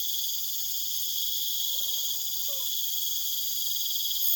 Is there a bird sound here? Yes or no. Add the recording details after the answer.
no. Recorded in pastures near Puerto Asís, Putumayo, Colombia, on 19 June 2025 at 19:00. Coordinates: 0.487, -76.322. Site H26